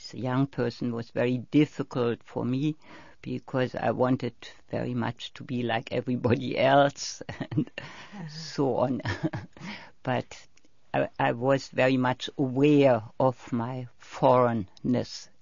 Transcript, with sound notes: As a young person, it was very difficult for me because I wanted very much to be like everybody else. So on. [Laughs] But I was very much aware of my foreignness.